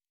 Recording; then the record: hydrophone in a shrimp aquaculture tank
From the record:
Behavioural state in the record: normal